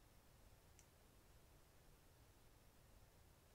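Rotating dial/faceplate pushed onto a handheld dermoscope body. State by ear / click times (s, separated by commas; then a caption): seated / 0.8 s. After the battery is reconnected and the cover screwed on, the rotating dial of a handheld DermLite DL5 dermoscope is pushed back into the body until it snaps into place. A single short, sharp click sounds at 0.8 s over steady low background noise, and the dial is seated.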